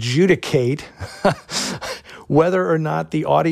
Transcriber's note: laughter